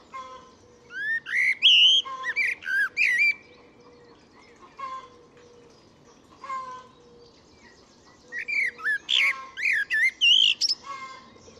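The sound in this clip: Bird calls: bursts of bright whistled and chirping notes, some rising and falling, in quick clusters around 1.5 and 9.5 seconds, with quieter scattered chirps between.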